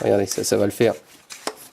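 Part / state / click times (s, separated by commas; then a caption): oil filter cartridge into plastic filter housing cap / seated / 1.5 s. Someone talks, then the plastic oil filter housing cap is screwed down over the paper filter cartridge on a 2006 Audi A3 Sportback 2.0 140 hp during a service. A short, sharp clack is heard at 1.5 s as the cap snaps into the upper part, confirming the cartridge is seated.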